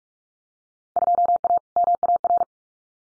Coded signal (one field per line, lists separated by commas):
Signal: Morse code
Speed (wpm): 44 wpm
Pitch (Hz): 700 Hz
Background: none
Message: 2A MAR